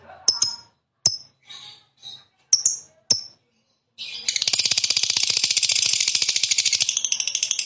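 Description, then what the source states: Lovebird song: a few sharp chirps and soft chatter notes, then a sustained, fast, rattling buzzy chatter for several seconds. Lovebird described as a 'fighter' type and 'gacor', singing energetically.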